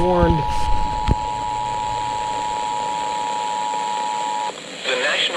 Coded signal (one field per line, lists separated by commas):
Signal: Emergency Alert System (SAME) tones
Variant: 853 and 960 Hz attention tone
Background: speech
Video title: Dam Break FFW Jumpscare | EAS #434-444 (Severe Weather Alerts from 5/6/2024)